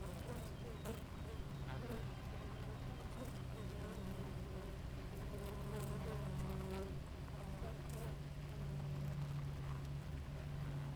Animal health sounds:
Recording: honeybee colony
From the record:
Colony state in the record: active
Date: 28 July 2017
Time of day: 5:27

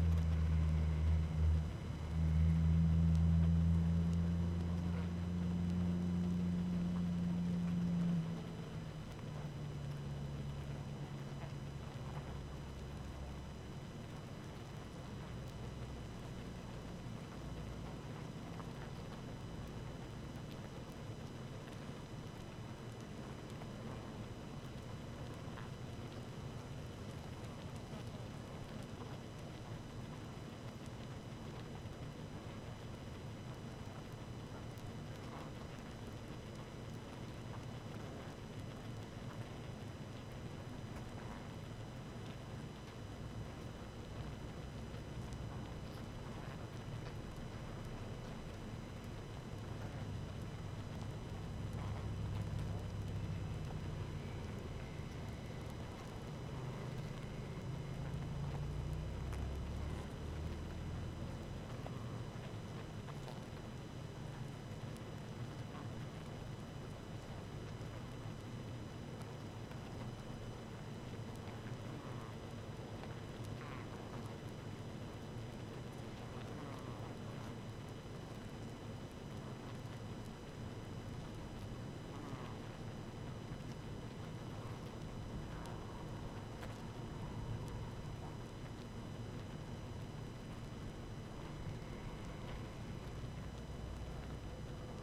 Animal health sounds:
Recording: honeybee colony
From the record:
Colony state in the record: active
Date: 12 June 2018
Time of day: 18:36

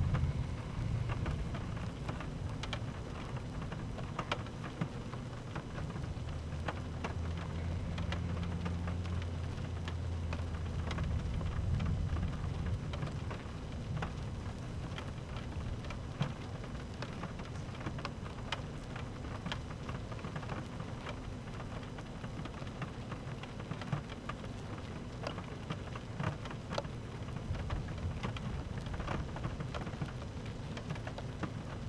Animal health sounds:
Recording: honeybee colony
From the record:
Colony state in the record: active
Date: 12 June 2018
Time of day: 13:03

